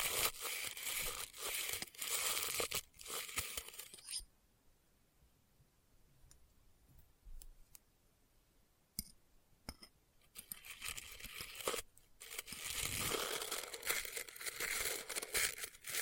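Experimental triggers in test tubes: bursts of dense crinkling and scraping fill the first four seconds, then a near-silent stretch broken by a few sharp ticks and clicks. From about ten seconds the rustling, crumpling texture returns, thick and uneven, through the end.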